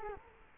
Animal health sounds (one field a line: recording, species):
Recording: mosquito wingbeat signal from an infrared sensor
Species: Culex quinquefasciatus